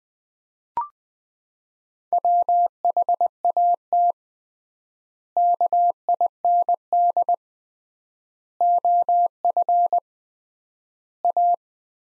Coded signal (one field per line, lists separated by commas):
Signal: Morse code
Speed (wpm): 20 wpm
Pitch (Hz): 700 Hz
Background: none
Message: WHAT KIND OF A